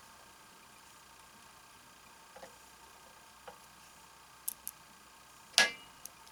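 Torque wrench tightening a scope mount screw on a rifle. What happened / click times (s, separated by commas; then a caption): The torque wrench clicked at its set torque / 5.6 s. A torque wrench set to 20 tightens a scope ring or base screw while a Nikon scope is installed on a Remington 700 rifle. Faint ticks sound over a quiet background, then sharper ticks at about 4.5 and 4.7 seconds. The wrench gives a loud, crisp click at 5.6 seconds as it reaches its setting, followed by a small tick.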